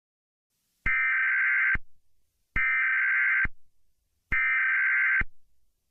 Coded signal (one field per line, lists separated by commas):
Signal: Emergency Alert System (SAME) tones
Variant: header bursts